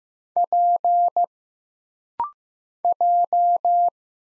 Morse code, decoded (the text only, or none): P J